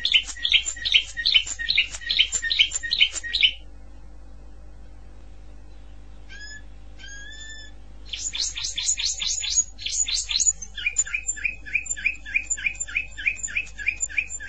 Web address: honarfardi Canary Sound